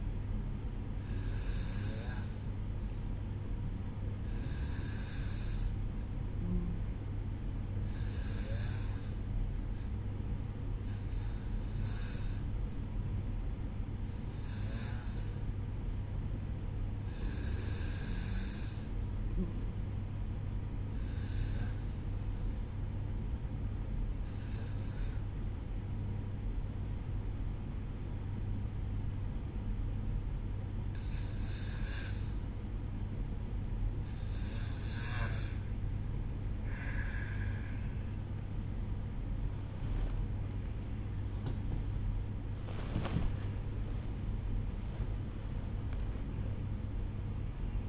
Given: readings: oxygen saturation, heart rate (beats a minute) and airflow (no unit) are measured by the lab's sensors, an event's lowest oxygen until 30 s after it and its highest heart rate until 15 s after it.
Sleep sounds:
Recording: breathing in sleep by a smartphone at the bedside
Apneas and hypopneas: 1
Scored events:
21.00-43.00 s: hypopnea (N1, oxygen 93% highest, then 92% lowest, heart rate 55 at the start, 74 highest)
From the record:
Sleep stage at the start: N1 (lightest sleep)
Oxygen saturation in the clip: 92 to 93%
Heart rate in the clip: 54 to 74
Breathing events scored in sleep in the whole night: 305 in 9.6 hours asleep

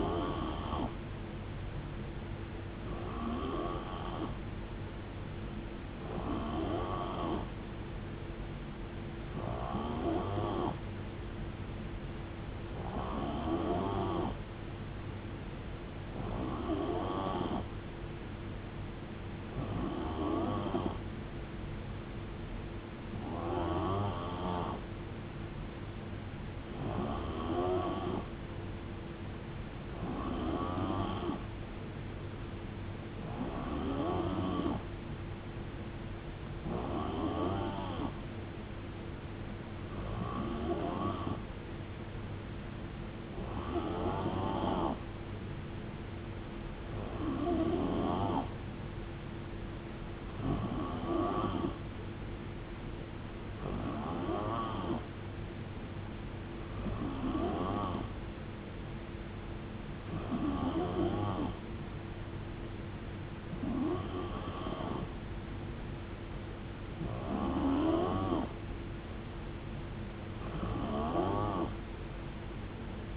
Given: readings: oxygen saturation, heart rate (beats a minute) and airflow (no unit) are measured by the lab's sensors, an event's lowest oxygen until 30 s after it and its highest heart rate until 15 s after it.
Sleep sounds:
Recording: breathing in sleep by a voice recorder at the bedside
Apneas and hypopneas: none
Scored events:
none scored
From the record:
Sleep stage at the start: N3 (deep sleep)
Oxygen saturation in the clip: 89 to 91%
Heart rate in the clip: 59 to 76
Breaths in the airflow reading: 22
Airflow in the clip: -9.3 to 5.2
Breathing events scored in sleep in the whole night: 389 in 6.3 hours asleep

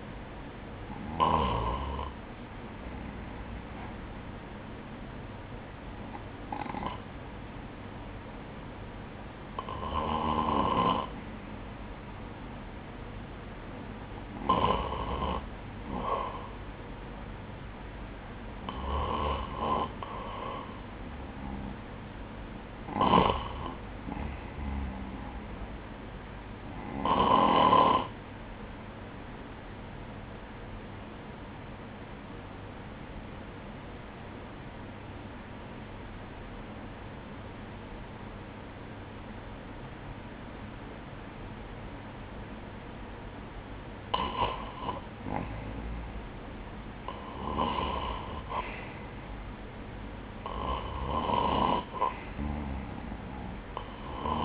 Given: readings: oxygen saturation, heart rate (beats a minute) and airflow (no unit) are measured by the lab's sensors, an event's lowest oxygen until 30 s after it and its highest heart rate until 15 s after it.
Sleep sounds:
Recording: breathing in sleep by a voice recorder at the bedside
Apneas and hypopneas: 1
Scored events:
30.00-46.50 s: hypopnea (N1, oxygen 97% highest, then 93% lowest, heart rate 65 at the start, 72 highest)
From the record:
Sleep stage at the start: N1 (lightest sleep)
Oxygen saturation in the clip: 86 to 97%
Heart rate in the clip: 58 to 67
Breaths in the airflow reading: 10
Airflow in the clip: -11.3 to 6.5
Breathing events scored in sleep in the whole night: 180 in 6.7 hours asleep

